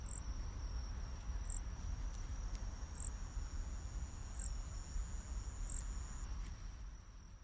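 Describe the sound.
Cricket chirping: a steady high thin trill with brief higher chirps about every one and a half seconds, over a constant low rumble.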